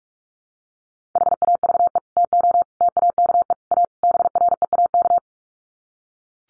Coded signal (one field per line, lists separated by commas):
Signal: Morse code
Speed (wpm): 44 wpm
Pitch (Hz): 700 Hz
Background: none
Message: HAVE TO TAKE A BREAK